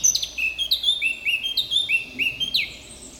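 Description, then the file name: Eurasian blackcap song: a run of loud, clear fluty whistles, each rising sharply, repeated about three times a second. "Sylvia atricapilla"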